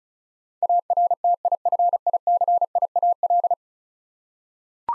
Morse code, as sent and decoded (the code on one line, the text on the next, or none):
.- .-. - .. ..-. .. -.-. .. .- .-..
ARTIFICIAL